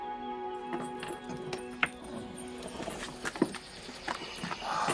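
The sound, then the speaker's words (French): Horse hooves of a carriage team clip-clop at an uneven pace at the château de Rambouillet on 21 June 1786, sharp knocks standing out over a steady humming drone, with a louder hoof strike near the middle and a rougher rustle at the end. “Équipage, chevaux, itinéraire, tout semblait parfait.”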